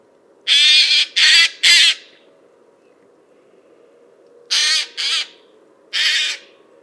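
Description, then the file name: Eurasian jay calling in short bursts of harsh, scratchy screeches, a run of three followed after a gap by three more, against a low droning hum. "Garrulus glandarius"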